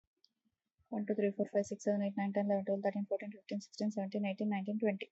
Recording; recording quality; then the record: counting at a fast pace; excellent, no background noise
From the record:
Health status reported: healthy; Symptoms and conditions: none ticked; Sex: female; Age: 32 years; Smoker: not ticked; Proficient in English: yes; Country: India